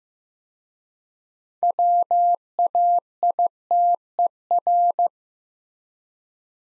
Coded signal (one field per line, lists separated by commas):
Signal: Morse code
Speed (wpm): 15 wpm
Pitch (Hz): 700 Hz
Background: none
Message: WAITER